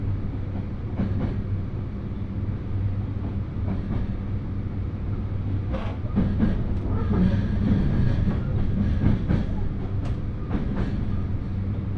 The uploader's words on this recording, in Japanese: 新水前寺から豊肥本線に乗って肥後大津まで移動します。なかなかの山道を登っていくのですが、821系車両はいとも簡単に進んでいきます。単線区間ではありますが、利用客が多いのでしょっちゅう行き違いをしながら肥後大津に到着します。